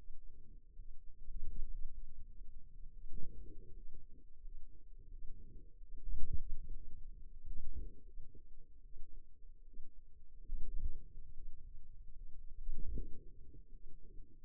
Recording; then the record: forearm muscle sounds (acoustic myography)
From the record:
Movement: ulnar deviation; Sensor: system 2, bracelet of six BSWA MPA416 microphones around the upper forearm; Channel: 2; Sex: female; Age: 23 years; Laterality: right